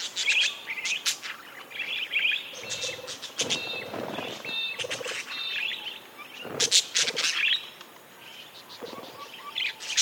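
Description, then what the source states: Budgerigar chatter: warbling chirps mixed with sharp clicking ticks, several birds calling over one another in bursts. Several budgies described as happy.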